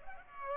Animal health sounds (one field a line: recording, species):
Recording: mosquito wingbeat signal from an infrared sensor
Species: Culex pipiens